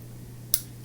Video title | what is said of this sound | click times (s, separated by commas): Adding Skiffs & a light tune of the Varga Knives VBR-S to achieve better action! | Clicks in really nicely solid no detent lash | 0.5 s